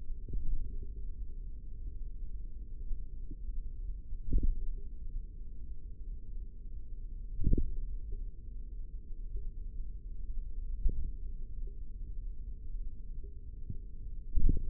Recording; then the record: forearm muscle sounds (acoustic myography)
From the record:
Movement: tripod grip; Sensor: system 3, bracelet of six PUI Audio POM-2738L microphones around the upper forearm, with dedicated amplification and filtering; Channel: 4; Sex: male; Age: 25 years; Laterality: right